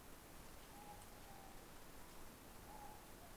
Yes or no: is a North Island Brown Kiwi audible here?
no